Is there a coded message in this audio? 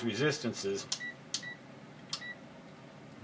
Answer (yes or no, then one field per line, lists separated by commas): no